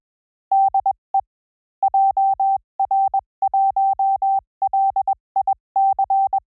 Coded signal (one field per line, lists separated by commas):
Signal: Morse code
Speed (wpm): 21 wpm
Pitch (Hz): 810 Hz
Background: none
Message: DE JR1LIC